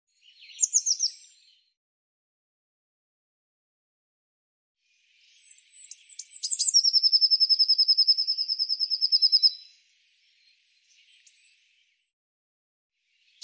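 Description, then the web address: Bird song: a short high descending note cluster, then after a pause a few thin high notes leading into a rapid, even trill of many notes, followed by scattered faint high notes. "Deverinetal Bird"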